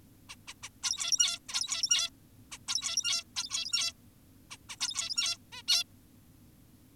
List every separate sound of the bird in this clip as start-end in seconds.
0.30-0.36, 0.48-0.54, 0.63-0.69, 0.83-1.39, 1.49-2.10, 2.52-2.58, 2.68-3.24, 3.36-3.93, 4.51-4.57, 4.69-4.76, 4.80-5.38, 5.52-5.62, 5.68-5.84